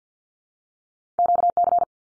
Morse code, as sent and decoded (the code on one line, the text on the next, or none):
--.- -.-.
QC